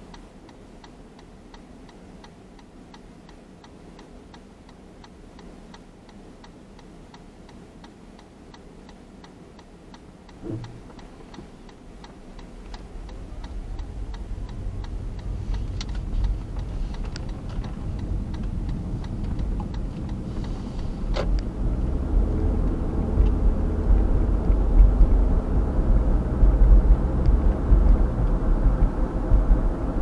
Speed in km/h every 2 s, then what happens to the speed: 0, 0, 0, 0, 0, 0, 0, 0, 15, 18, 26, 35, 42, 51, 57.
0-14 standing. 14-30 pulls away to 57.